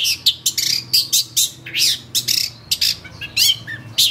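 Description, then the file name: Long-tailed shrike song: rapid scratchy chattering notes and harsh squawks in quick succession, with a low steady hum underneath. Training (master) recording for songbird keepers; Indonesian name cendet. "cendet-master -omkicau"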